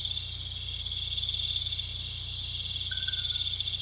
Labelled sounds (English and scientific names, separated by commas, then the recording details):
none
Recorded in pastures near Puerto Asís, Putumayo, Colombia, on 16 December 2024 at 20:00
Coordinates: 0.472, -76.329
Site G072